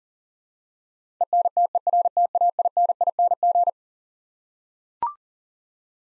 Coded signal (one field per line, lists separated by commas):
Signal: Morse code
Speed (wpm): 40 wpm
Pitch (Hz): 700 Hz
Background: none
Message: ENTERTAINING